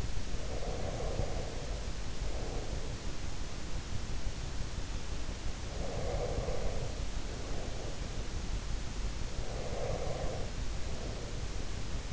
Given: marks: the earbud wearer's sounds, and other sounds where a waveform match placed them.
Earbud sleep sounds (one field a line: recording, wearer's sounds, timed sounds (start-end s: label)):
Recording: sounds in sleep by an in-ear microphone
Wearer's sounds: breath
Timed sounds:
0.00-3.29 s: breath
5.71-8.58 s: breath
9.27-12.13 s: breath